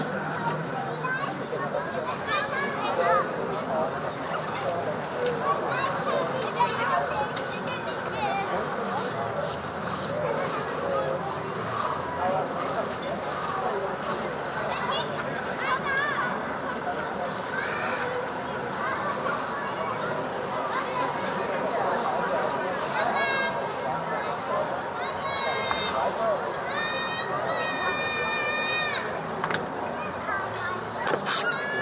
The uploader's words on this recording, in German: Berliner Abendämmerung. Entführt dich an einem Freitagabend zur "Stralauer Bucht". Sommerabend in Berlin.